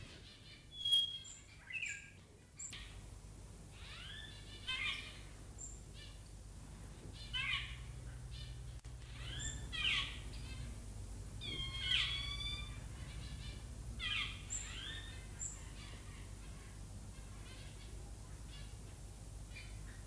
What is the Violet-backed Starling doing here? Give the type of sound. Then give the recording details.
call. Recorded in captivity. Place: Tiergarten Wilhelma/Stuttgart, Baden-Württemberg, DE. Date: 2005-03-14 11:50. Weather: fair, 4-8°C. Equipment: Sony WM-D6C, Sony ECM-MS 907, Kopie Uher 4000 Report Monitor. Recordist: Tembrock, Günter. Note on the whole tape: Lautfolgen